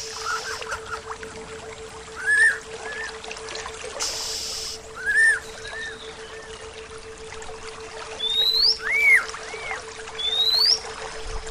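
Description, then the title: Bird calls: scattered arched whistles and quick rising upslurred notes, with a steady low hum throughout. "SuaraBurung Kicau"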